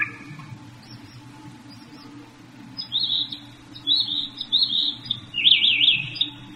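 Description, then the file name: Northern mockingbird: songbird phrases, soft at first, then louder repeated chirping notes in short bursts, over a steady low hum. "kicauan burung northern mockingbird. omkicau"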